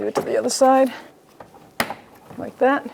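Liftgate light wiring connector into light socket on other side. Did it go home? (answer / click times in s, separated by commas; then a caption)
yes / 1.8 s. A liftgate light wiring connector on a 2011-2021 Jeep Grand Cherokee is pushed into the light socket on the other side of the liftgate while someone talks. A sharp click at 1.8 seconds marks the connector seating, confirming it is plugged in.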